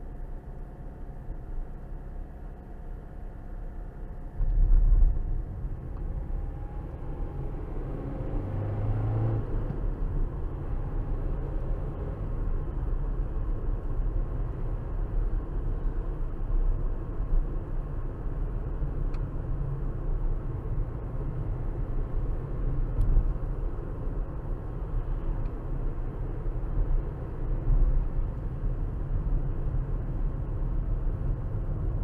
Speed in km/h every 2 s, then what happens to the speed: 31, 31, 31, 35, 48, 53, 58, 58, 60, 56, 56, 60, 60, 60, 60, 58.
0-5 steady at about 31. 5-12 speeds up to 58. 12-32 steady at about 58.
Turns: none.